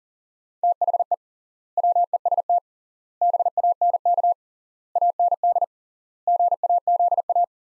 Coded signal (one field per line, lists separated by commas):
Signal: Morse code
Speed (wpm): 37 wpm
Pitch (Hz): 700 Hz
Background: none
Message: THE WEST BANK AND GAZA